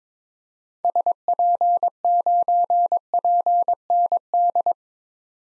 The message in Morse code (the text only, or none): SP9PND